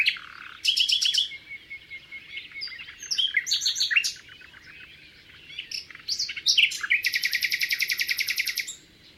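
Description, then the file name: Common nightingale song with rattling bursts, a thin sustained whistle and a long, fast, even trill near the end. "Luscinia megarhynchos"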